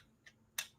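A 3D printed kickstand is popped out of the small retaining nub that holds it in a 3D printed enclosure. A faint tick near 0.3 s comes before a sharp, bright click at 0.6 s as the kickstand releases from its catch, and another small tick sounds at the very end around 0.9 s.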